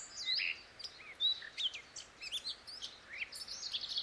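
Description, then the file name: Eurasian blackcap warbling: fairly soft, rapid twittering and whistled notes in irregular bursts over a steady background hiss. "Sylvia atricapilla"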